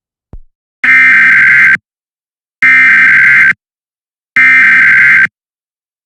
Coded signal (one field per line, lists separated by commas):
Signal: Emergency Alert System (SAME) tones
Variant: header bursts